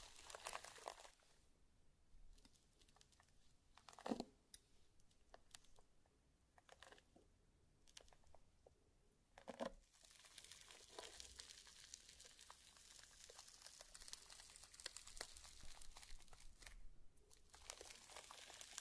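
Slime and crayon sounds with tapping: sticky crinkling squelches and scratchy strokes run through the whole clip, thick and bright. Sharper taps and louder squishes stand out near 4 and 9.5 seconds, and the texture grows denser and more continuous after 12 seconds.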